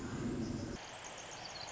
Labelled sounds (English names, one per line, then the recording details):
Pacific Wren
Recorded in Sonoma County, California